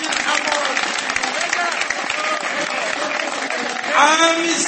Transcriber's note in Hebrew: מחיאות כפיים